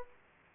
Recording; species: mosquito wingbeat signal from an infrared sensor; Aedes aegypti